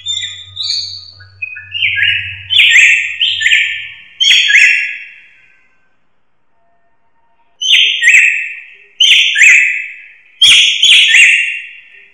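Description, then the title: Drongo song of loud, ringing, slightly harsh notes in short bursts, a silent gap, then three more similar bursts. "Suara Srigunting. Hobiburung"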